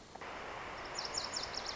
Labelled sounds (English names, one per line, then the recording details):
Lazuli Bunting
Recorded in Sonoma County, California